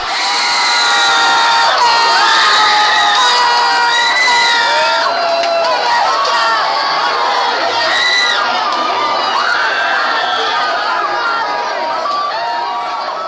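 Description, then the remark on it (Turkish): A street crowd on Aspicueta street screams and cheers without pause after the Netherlands won the match against Costa Rica, many high, overlapping voices shrieking and whooping at a loud, steady level for the whole stretch, with chatter mixed into the roar. “Hollanda'nın kazanmasının ardından da Aspicueta sokağında bu çığlıklar yükseldi.”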